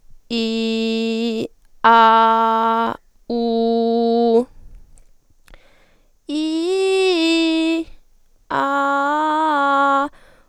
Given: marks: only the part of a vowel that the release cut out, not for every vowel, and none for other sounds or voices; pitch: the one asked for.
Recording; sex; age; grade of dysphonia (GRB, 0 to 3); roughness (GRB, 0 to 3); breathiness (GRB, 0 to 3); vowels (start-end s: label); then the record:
sustained vowels; female; 20 to 29 years; 0; 0; 0
0.47-1.30 s: vowel /i/, low pitch
2.01-2.77 s: vowel /a/, low pitch
3.48-4.27 s: vowel /u/, low pitch
6.46-7.64 s: vowel /i/, low-high-low pitch
8.84-9.93 s: vowel /a/, low-high-low pitch
From the record:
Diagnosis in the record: healthy voice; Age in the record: 21 years